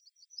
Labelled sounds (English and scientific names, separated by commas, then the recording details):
Yellowhammer (Emberiza citrinella) song
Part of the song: start
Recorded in the Czech Republic on 22 May 2013
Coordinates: 49.726, 13.355
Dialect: XlB
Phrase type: C63
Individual 298564